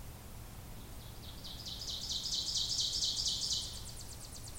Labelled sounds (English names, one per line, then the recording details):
Ovenbird song
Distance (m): 25 m
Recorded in boreal forest in Alberta, Canada, on 26 May 2016 at 07:20
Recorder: SongMeter 3, array SBT-3-15
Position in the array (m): 42 m, 252 m
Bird 20